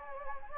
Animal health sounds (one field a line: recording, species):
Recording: mosquito wingbeat signal from an infrared sensor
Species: Anopheles gambiae